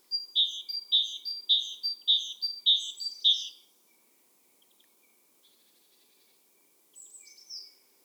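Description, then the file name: Great tit song of six evenly spaced two-note phrases, high then lower, followed by quiet faint chips and a brief sliding call. "Parus major"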